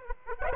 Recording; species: mosquito wingbeat signal from an infrared sensor; Aedes aegypti